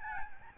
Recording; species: mosquito wingbeat signal from an infrared sensor; Aedes albopictus